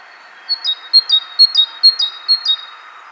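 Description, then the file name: Great tit singing a clear, high two-note phrase, a brief upper note dropping to a lower one, repeated five times in quick, even rhythm over a soft background hiss. "Parus major"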